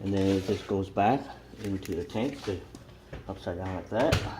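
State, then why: Not seated. Someone talks while a plastic water tank, filled with reverse osmosis or distilled water, is turned upside down and handled back toward its slot on the steam mop body, with faint handling sounds under the voice. Nothing has seated or clicked yet.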